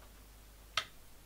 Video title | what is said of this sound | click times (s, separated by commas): How To Install SSD In PC (Full Guide) - SSD Installation PC Tutorial | Just like so, and it then will click in. | 0.8 s